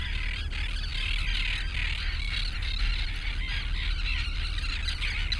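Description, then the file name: Gulls calling in a dense, overlapping chorus of squealing cries over a steady low roar of wind or surf. Near the sea. "Seagulls Near Sea"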